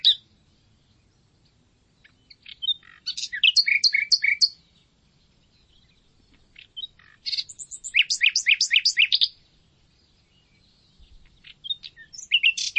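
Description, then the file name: Common nightingale song: short phrases of rapid repeated buzzy and rattling notes high in pitch, separated by pauses of a few seconds, with softer introductory chirps. "Luscinia megarhynchos"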